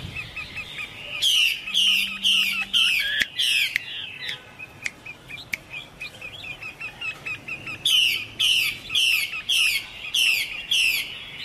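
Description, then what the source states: Chinese hwamei song: bursts of loud, rapidly repeated steep downslurred notes, with quieter warbled phrases in between and a second run of repeated notes near the end. Female bird singing.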